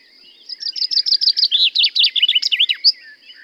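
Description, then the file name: Common chaffinch song: a single bright phrase of rapid repeated notes stepping down, then louder looping syllables ending in a sharp flourish, lasting about two and a half seconds. "Fringilla coelebs"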